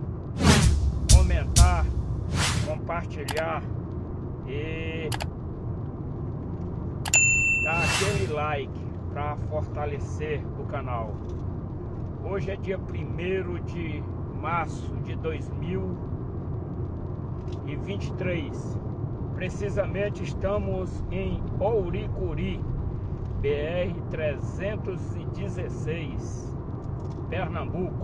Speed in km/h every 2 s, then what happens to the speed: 94, 94, 95, 96, 96, 96, 97, 98, 99, 100, 100, 100, 100, 99.
0-28 steady at about 97.